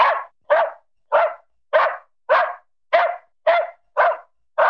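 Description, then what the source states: Dog giving high, clipped barks in a steady run, about two each second, nine barks with no other sounds. Small dog barking.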